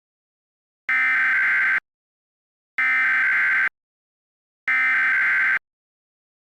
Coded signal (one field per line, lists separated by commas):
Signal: Emergency Alert System (SAME) tones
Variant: header bursts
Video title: EAS Mock 2: PINBALLLLLLLLLL